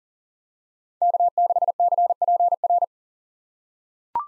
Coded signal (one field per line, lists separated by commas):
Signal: Morse code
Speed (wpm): 40 wpm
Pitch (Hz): 700 Hz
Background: none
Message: K6CPR